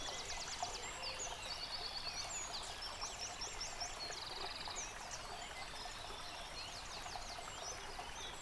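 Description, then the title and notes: Dense birdsong with repeated rapid trills and whistled notes from several singers, backed by the unbroken rushing of a stream. Bird chorus recorded by a stream at Dlouhý Důl, Krásná Lípa, Czechia, on a Zoom H6 recorder. "Dlouhý Důl 14, 407 47 Krásná Lípa, Czechia - Ptáci a potok. Ptačí sněm snímaný u potoka.. nahráno na ZOOM H6"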